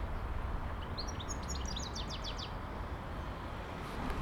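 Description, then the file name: European goldfinch call, a short burst of rapid high twittering notes lasting about a second and a half, then only low background rumble. "Szczygiel"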